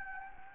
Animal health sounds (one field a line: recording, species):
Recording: mosquito wingbeat signal from an infrared sensor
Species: Anopheles gambiae